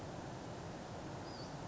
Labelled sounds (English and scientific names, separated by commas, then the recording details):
Western Flycatcher (Empidonax difficilis)
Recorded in Sonoma County, California